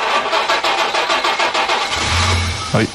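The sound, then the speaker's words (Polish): The engine of a Żuk delivery van cranks on a chilly morning with a rapid, rhythmic whirring of the starter for about two seconds, then catches and fires into a low, rumbling idle. “Za pierwszym draśnięciem się nie udało, ale za drugim już jak najbardziej.”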